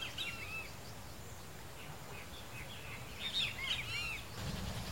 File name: canto do bentevizinho de asa ferruginea